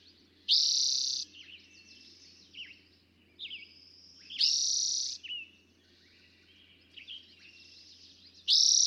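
Eastern towhee delivering a dense trill about every four seconds, three phrases heard, amid scattered lower chirps from other birds.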